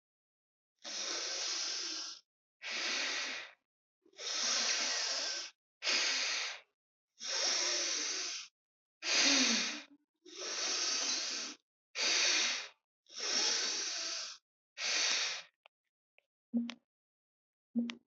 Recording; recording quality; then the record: deep breathing; excellent, no background noise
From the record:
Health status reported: healthy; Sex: female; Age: 31 years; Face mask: not worn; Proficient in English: yes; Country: India